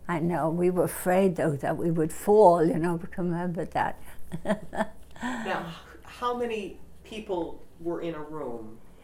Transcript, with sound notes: I know we were afraid, though, that we would fall, you know, coming over that. (she laughs)
Now, how many people were in a room?